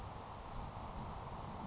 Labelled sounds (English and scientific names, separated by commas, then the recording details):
Grasshopper Sparrow (Ammodramus savannarum)
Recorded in Sonoma County, California